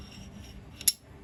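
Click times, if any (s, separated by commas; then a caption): 0.9 s. The barrel of a Smith & Wesson M&P Shield pistol is angled into the slide, laid flat and pulled back until it clicks and drops into place. A faint tick at 0.8 s leads into a sharp, bright metallic click at 0.9 s over low background noise. The barrel is seated in the slide.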